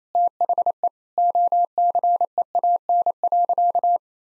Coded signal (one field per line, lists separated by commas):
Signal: Morse code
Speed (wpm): 28 wpm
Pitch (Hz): 700 Hz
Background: none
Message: THE OCEAN.